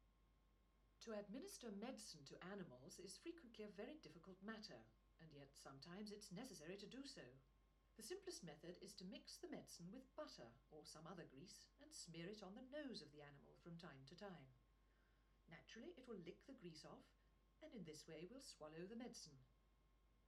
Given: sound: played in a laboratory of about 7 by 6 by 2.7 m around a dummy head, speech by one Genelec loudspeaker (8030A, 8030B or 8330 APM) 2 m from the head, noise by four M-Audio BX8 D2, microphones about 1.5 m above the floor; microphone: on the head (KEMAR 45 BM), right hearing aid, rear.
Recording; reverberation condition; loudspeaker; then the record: female speech in English; low; 90 degrees to the right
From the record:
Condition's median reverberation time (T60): about 310 ms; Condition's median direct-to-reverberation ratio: about 3.5 dB